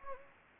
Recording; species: mosquito wingbeat signal from an infrared sensor; Anopheles gambiae